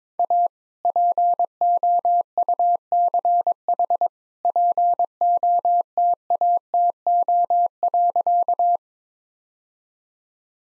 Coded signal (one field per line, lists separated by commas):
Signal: Morse code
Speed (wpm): 22 wpm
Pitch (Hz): 700 Hz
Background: none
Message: A POUCH POTATO.